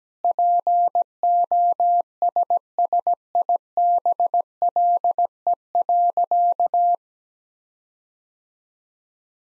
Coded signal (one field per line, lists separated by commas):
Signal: Morse code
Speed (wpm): 17 wpm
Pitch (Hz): 700 Hz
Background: none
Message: POSSIBLE.